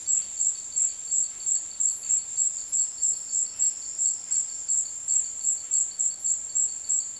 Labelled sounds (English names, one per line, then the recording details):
none
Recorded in dense forest near Puerto Asís, Putumayo, Colombia, on 19 February 2024 at 16:30
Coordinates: 0.502, -76.326
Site G6460